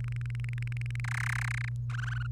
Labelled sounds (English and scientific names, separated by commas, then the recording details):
Domestic Canary (Serinus canaria) song
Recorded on 1 May 2018 at 14:39
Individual llb3